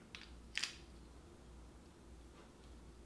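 A metal emergency key blade is handled and slid back toward a plastic Mazda key fob, making light, sharp plastic-and-metal taps at about 0.2 s and a pair at 0.6 s over a low steady hum. Nothing has seated or clicked into the fob yet.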